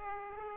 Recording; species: mosquito wingbeat signal from an infrared sensor; Aedes aegypti